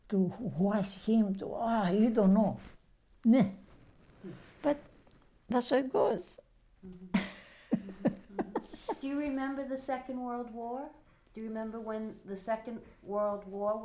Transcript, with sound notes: to watch him, oh, you don't know! But, that's the way it goes! [Laughs]
Do you remember the Second World War? Do you remember when the Second World War was going?